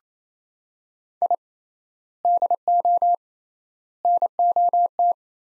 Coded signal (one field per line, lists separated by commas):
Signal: Morse code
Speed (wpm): 28 wpm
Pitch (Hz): 700 Hz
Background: none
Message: I DO NOT